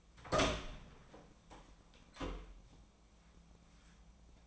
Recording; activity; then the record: daily activity, microphone in the room; open door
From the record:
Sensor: 1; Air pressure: 1009.2 hPa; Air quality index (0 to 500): 186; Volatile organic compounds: 4 ppm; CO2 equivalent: 1568 ppm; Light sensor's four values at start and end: 65/153/68/74 and 67/156/69/75